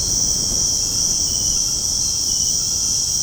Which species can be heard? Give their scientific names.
none